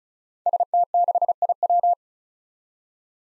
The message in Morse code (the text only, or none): ST6IW